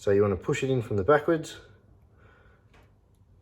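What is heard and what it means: Someone talks while a crimped metal pin on a light's wire is handled, ready to be pushed from the back into a plastic multi-pin connector housing. After the talking stops, only quiet handling noise follows, with one faint brief sound near 2.7 s. Nothing has seated or clicked yet; the pin is not yet home.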